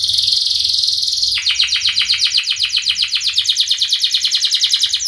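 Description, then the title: Canary singing a dense buzzy roll that switches abruptly into a rapid, regular series of short pulsed notes. Indonesian kicaumania songbird hobby; canary described as gacor (singing energetically) with its best cengkok (song ornamentation) and richest isian (fill-in phrases). "Kenari Gacor Cengkok Terbaik Isian Paling Mewah Kenarigacor Kicaumania Kenari"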